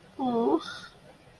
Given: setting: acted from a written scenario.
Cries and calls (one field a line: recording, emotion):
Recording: vocal sound without words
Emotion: sympathy